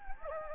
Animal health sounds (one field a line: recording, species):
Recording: mosquito wingbeat signal from an infrared sensor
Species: Anopheles gambiae